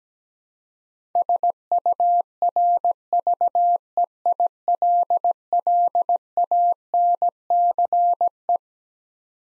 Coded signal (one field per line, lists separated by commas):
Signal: Morse code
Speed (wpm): 17 wpm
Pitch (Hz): 700 Hz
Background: none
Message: SURVEILLANCE